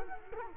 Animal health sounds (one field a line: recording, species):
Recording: mosquito wingbeat signal from an infrared sensor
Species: Culex quinquefasciatus